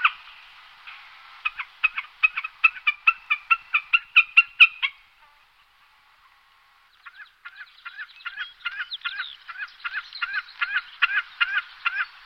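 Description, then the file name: Snipe giving a long rhythmic series of clipped, repeated chipping calls, pausing, then resuming. "gallinago"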